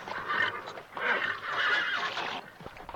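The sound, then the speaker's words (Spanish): A horse whinnies in a long, shaky, high-pitched neigh that rises and wavers for a couple of seconds before trailing off, with faint hoof clops near the end. “No sé qué hago con un caballo para ir a una isla.”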